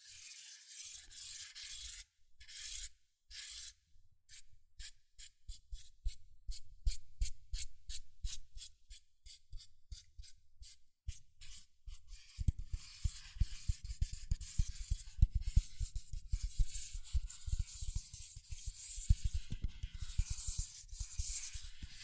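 Fingers tap and scratch quickly on cardboard, a dense run of crisp hissy strokes that grows busier and thumpier after twelve seconds.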